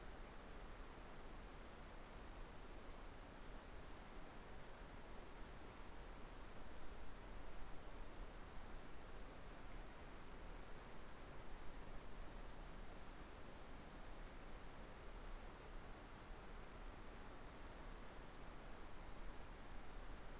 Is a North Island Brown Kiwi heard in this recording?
no